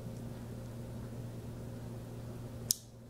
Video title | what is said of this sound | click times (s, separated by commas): How to Replace Shimano Curado 50E fishing reel bearings | just like that and you're going to hear it click in | 2.7 s